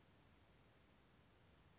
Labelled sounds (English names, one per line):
California Towhee